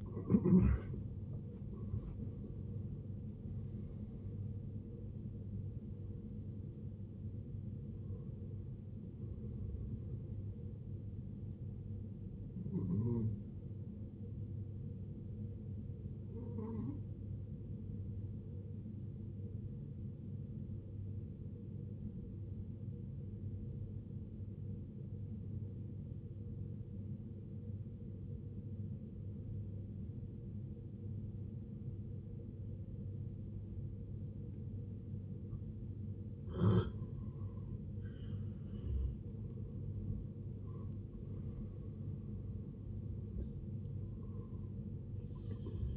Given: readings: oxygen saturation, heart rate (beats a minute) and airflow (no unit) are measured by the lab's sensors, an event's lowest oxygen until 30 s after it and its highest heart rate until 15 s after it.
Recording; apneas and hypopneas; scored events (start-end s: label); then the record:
breathing in sleep by a smartphone at the bedside; 1
13.00-43.00 s: new sleep stage, N2 (light sleep)
24.00-38.50 s: obstructive apnea (N2, oxygen 94% highest, then 78% lowest, heart rate 61 at the start, 81 highest)
43.00-45.97 s: new sleep stage, N1 (lightest sleep)
From the record:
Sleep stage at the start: N1 (lightest sleep); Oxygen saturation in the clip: 75 to 94%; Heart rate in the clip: 53 to 91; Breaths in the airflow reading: 7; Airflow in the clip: -13.3 to 13.4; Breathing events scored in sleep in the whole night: 389 in 6.3 hours asleep